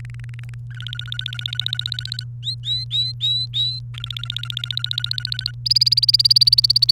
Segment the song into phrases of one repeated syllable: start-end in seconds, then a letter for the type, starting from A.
0.00-0.54 A, 0.70-2.23 B, 2.43-3.79 C, 3.94-5.51 B, 5.66-6.91 D